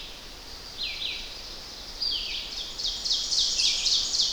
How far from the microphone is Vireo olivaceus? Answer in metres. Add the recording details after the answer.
about 30 m. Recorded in boreal forest in Alberta, Canada, on 10 June 2016 at 07:09. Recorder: SongMeter 3, array SBT-3-39. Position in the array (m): 200 m, 128 m